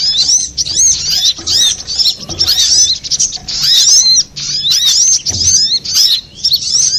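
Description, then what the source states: Little spiderhunter song of shrill, rapid chirps and looping slurred notes in short clustered bursts with brief gaps. Masteran song of Sogok Ontong (little spiderhunter), labelled Labaik, for training cage birds.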